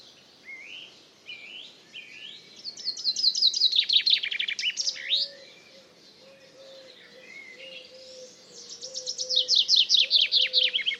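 Common chaffinch repeating its cascading trilled song twice, the first phrase ending with a flourish, with soft whistled notes of other birds and a low repeated note behind.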